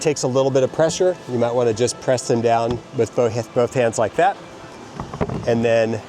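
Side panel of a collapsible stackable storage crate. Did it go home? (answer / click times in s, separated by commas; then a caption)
yes / 5.2 s. Someone talks while pressing a folding side panel of a plastic collapsible, stackable storage crate down with both hands. It snaps into its locked upright position with a sharp click at 5.2 s, and the panel is seated.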